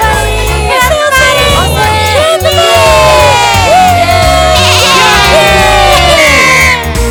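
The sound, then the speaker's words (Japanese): A loud, chaotic chorus of goats bleating during a fight between goats, many wavering, overlapping cries rising and falling in pitch over a dense, crowd-like clamor that continues without pause. “ある日、ヤギ同士の戦いがありました。暗い森からヤギが試合をしに来ました。”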